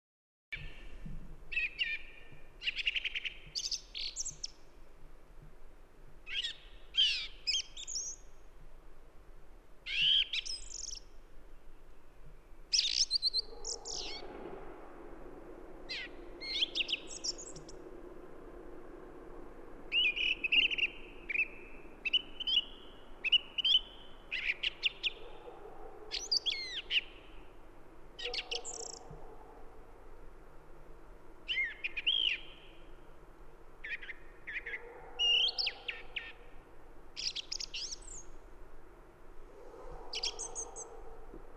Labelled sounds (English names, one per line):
Song Thrush song